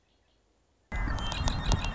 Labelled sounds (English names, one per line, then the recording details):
Red-winged Blackbird
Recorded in Sonoma County, California